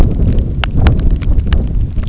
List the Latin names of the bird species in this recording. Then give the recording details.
none. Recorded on Arctic tundra, site NAIT-1, on 27 June 2019. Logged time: 00:00